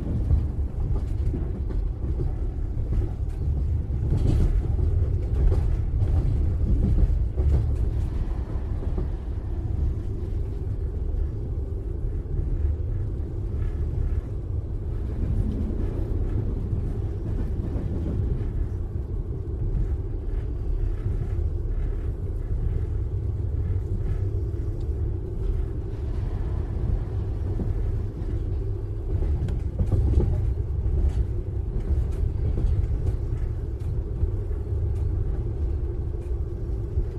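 A steady low rumble inside a night train carriage, with faint rhythmic clicks from the tracks and soft rattles throughout, staying constant.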